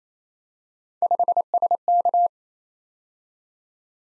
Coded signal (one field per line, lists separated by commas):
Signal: Morse code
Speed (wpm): 27 wpm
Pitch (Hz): 700 Hz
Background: none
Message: 5SK